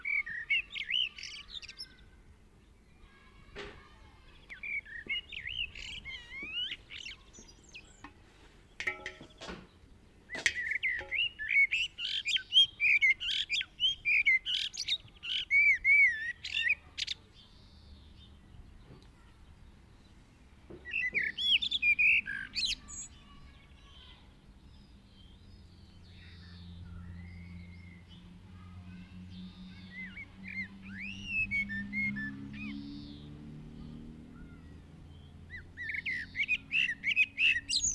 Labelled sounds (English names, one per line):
Common Blackbird song